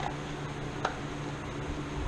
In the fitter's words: Little click you get there.